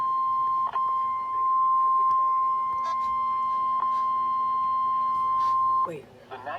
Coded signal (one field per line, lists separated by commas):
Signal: Emergency Alert System (SAME) tones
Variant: 1050 Hz attention tone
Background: speech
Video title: SVR (EAS 138)